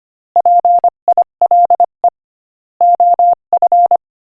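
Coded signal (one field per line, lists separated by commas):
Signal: Morse code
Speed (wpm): 24 wpm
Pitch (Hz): 700 Hz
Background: none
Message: PILE OF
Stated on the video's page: Morse practice clip at 25 wpm.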